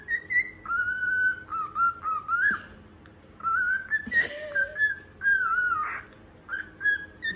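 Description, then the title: Cockatiel whistling: a steady, tuneful run of pure whistled notes, held and gently wavering, with one brief harsh note in the middle and a short pause partway. More than one cockatiel, singing and whistling. "Calopsitas Cantando Assobio"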